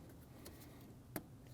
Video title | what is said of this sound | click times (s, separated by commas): How to Replace Upstream O2 Sensor 2012-2016 Honda CR-V 2.4L L4 | Wait for the click. | 1.2 s